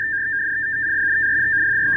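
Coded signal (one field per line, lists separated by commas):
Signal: digital selective calling (DSC)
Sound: a fast warbling two-tone chirp, steady throughout, like rapid high beeping data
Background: faint low hum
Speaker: Yung parang rapid siya na Morse code. Ayan, tapos mag-iilaw. Ayan, nare-receive ngayon.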